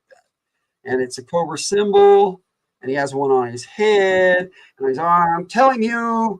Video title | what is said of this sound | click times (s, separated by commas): Episode #70: Iron Grenadiers | there's a little groove right in the top of the shoulder that just pop it pops right in there like that. | 0.1 s